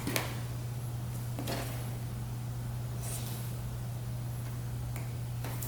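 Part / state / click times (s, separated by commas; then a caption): wiring harness connector into its socket on an ATV / not seated / none. An electrical connector is pushed back into its socket on an ATV wiring harness, possibly the wrong way round, over a steady low hum. A sharp tap, a longer scraping rustle and a few faint bumps are heard. The connector has not clicked in or seated.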